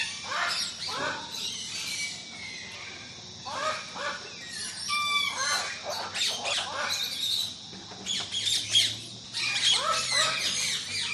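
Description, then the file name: Parrots and parakeets give harsh squawks and short whistled notes in irregular bursts, several birds calling over one another above a faint low engine drone. Tropical aviary ambience with parrots and parakeets, a lawn mower in the background, Australia. "zapsplat animals birds tropical avery ambience parrots parakeets voices mower background. australia"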